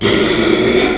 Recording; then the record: squeal of a Yucatan mini pig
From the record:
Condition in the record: after surgery on the right vocal fold (resection and tissue-engineered implant); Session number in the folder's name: 2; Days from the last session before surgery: 13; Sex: male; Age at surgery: 12 weeks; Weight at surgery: 13 kg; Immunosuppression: cyclosporine, prednisolone